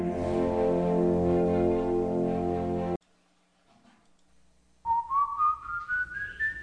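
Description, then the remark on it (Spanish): Eerie, ghostly whistling: a dense, sustained droning tone holds for a few seconds, breaks into near silence, then a thin whistle rises slowly and steadily in pitch over a murky background. “Este personaje, pues es conocido por silbar.”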